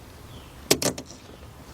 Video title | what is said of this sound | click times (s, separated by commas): 2009-2015 Honda Pilot Right Front Door Lock Actuator Replacement | locks into place that is great | 0.7 s